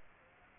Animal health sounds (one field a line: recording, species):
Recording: mosquito wingbeat signal from an infrared sensor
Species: Aedes aegypti